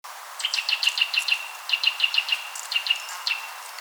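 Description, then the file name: Eurasian nuthatch calling: short, clear, piping notes in a few quick, evenly spaced series, each shorter than the one before, over a faint steady hiss. "Sitta europaea"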